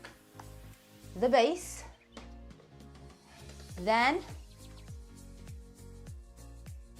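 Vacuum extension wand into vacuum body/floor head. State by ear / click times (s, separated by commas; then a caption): not seated / none. While assembling a Shark Anti Hair Wrap handheld cordless stick vacuum, the second section, the extension wand, is handled at the base part (vacuum body and floor head), with someone talking over steady background music and a few faint light knocks. Nothing has seated or clicked yet.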